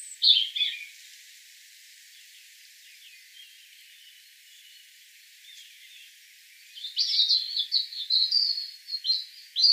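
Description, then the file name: European robin song: a short high twitter at the start, a long quiet gap, then a lively run of varied high warbling notes. "Erithacus rubecula"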